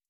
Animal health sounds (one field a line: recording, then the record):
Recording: hydrophone in a shrimp aquaculture tank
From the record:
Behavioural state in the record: starved